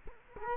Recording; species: mosquito wingbeat signal from an infrared sensor; Culex quinquefasciatus